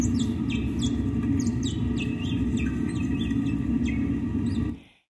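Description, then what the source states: Naked mole-rat song: a run of short high chirps, mostly sweeping down, several a second over a low steady hum, then cutting off. Male singing to the queen, the colony's single breeding female; unedited, as heard in the wild.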